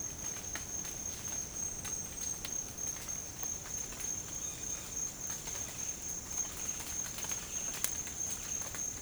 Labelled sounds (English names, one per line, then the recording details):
Yellow-tufted Woodpecker
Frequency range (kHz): Yellow-tufted Woodpecker 0.8-5.0 kHz
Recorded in dense forest near Puerto Asís, Putumayo, Colombia, on 30 June 2025 at 07:00
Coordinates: 0.503, -76.323
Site G059